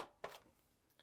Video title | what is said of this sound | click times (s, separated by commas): How to Clean Your PS5 Slim Safely - 3 Stages | and snap it down | 0.2 s